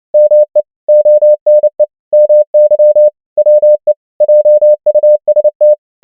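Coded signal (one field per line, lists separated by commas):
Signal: Morse code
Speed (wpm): 29 wpm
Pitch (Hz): 600 Hz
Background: none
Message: ME ONE MY WE JUST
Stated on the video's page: Morse practice of common English words at 29 wpm.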